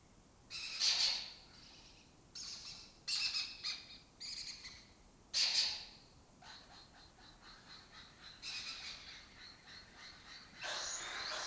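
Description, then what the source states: Lesser kestrel harsh chattering rasps, repeated roughly every second or two throughout. Colony of migratory lesser kestrels occupying an abandoned building or house complex in Doñana; forages in West Africa, breeds in southern Europe.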